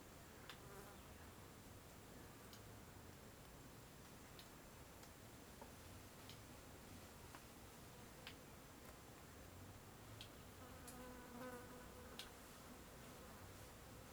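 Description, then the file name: Fly giving a low, wavering buzz near the end, over a steady hiss of background ambience with scattered sharp clicks throughout. Daytime backyard ambience in a rural setting, with many clicks heard along with the fly. "Ambiencia quintal de dia com muitos estalos, passaros e mosca"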